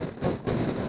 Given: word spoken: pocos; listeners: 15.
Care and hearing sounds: one Spanish word in noise, from a listening test; noise modulated by three-talker babble; -7.8 dB; 6 of 15; 7 of 15; 0.49 s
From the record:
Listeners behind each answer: 7, 6, 1, 1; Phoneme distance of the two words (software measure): 7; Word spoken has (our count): 2 syllables, 5 phonemes, stress on syllable 1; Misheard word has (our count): 2 syllables, 4 phonemes, stress on syllable 1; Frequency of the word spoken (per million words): 132.99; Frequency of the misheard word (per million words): 604.39

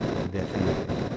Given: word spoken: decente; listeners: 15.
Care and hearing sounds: one Spanish word in noise, from a listening test; noise modulated by three-talker babble; -4.4 dB; 0 of 15; 6 of 15; 0.77 s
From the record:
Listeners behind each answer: 6, 1, 1, 1, 1, 1, 1, 1, 1, 1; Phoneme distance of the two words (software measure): 34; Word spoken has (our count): 3 syllables, 7 phonemes, stress on syllable 2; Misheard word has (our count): 2 syllables, 5 phonemes, stress on syllable 2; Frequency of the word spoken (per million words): 5.87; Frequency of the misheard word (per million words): 503.85

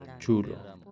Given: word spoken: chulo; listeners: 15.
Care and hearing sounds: one Spanish word in noise, from a listening test; four-talker babble; 18.4 dB; 3 of 15; 12 of 15; 0.51 s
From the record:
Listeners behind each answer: 12, 3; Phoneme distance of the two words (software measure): 10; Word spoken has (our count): 2 syllables, 4 phonemes, stress on syllable 1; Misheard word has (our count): 2 syllables, 4 phonemes, stress on syllable 1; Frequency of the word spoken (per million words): 2.20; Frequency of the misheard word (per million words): 0.48

